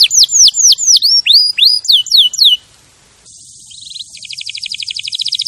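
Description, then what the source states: Canary song opens with loud, descending whistled swoops, about four per second, then after a brief pause a quieter buzzy trill that grows louder. Champion canary song used as a master recording for training other birds to sing.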